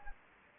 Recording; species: mosquito wingbeat signal from an infrared sensor; Anopheles gambiae